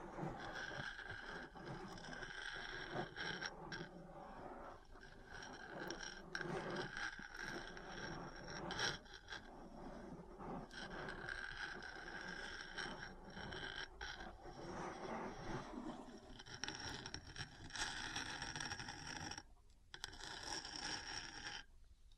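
Metal parts tap and scratch almost without pause, a dense rattling clatter with sharp bright clicks and brief dropouts near the twenty-second mark.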